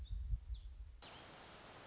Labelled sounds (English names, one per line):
Black-throated Gray Warbler